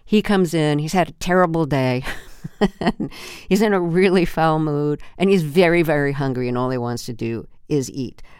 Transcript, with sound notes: He comes in. He's had a terrible day. (Laughter) He's in a really foul mood, and he's very, very hungry, and all he wants to do is eat.